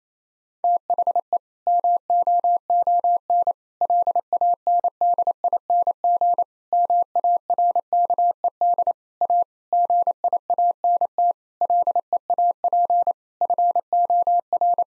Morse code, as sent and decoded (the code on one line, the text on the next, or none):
- .... . / -- --- --- -. / .-.. .- -. -.. .. -. --. / -- .- .-. -.- . -.. / .- / --. .. .- -. - / .-.. . .- .--. / ..-. --- .-.
THE MOON LANDING MARKED A GIANT LEAP FOR